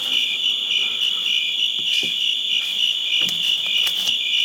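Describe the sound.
Crickets trill continuously in a high chorus, with occasional soft clicks and taps in the background.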